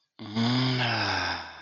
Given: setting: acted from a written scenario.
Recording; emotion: vocal sound without words; ecstasy